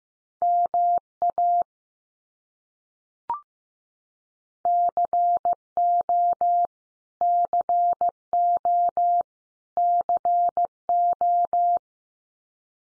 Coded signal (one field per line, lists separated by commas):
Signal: Morse code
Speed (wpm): 15 wpm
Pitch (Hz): 700 Hz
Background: none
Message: MA CO CO CO